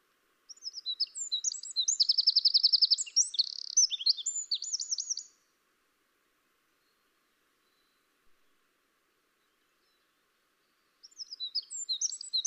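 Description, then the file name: Eurasian wren song: one long, shrill outpouring of rapid notes and trills lasting about five seconds, then silence, then another song starting near the end. "Troglodytes troglodytes"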